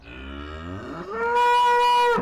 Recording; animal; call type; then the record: contact call of a hoofed animal; cattle; low-frequency (closed-mouth) or high-frequency (open-mouth) call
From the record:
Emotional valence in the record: negative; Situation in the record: full separation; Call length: 2.2 s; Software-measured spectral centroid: 2510 Hz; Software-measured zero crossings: 1720 a second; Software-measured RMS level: -22 dBFS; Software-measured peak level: -16 dBFS